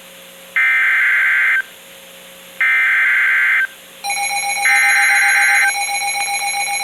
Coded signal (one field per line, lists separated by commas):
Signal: Emergency Alert System (SAME) tones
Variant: header bursts